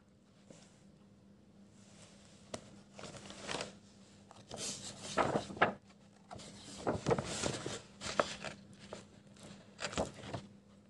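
Pencil scribbling and paper sounds come in bursts of scratchy strokes, quiet at first and busier from about four seconds on, with short pauses between runs. A faint steady low hum sits underneath throughout, and a couple of sharp taps stand out.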